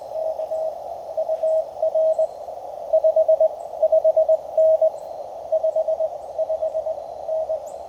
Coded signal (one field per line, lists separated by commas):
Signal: Morse code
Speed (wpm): 20 wpm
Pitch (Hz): 620 Hz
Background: radio noise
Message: K UR 55N 55N